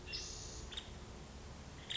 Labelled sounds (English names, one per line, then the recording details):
Nuttall's Woodpecker
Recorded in Sonoma County, California